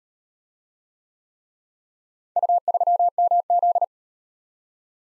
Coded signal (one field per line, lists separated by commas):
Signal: Morse code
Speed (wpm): 38 wpm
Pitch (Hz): 700 Hz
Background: none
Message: U3MZ